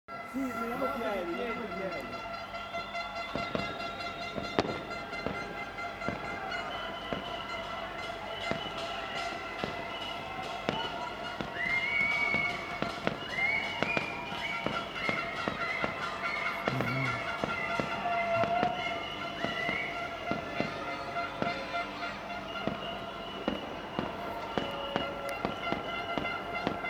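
A street celebration after a football final, full of continuous crowd noise with voices and car horns blaring in long sustained tones. Sharp bangs like firecrackers go off frequently throughout, some loud. The din stays dense and steady from start to finish.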